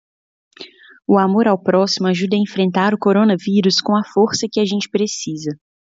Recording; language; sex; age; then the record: spoken sentence; Brazilian Portuguese; female; 30 to 39 years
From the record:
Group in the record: control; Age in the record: 36 years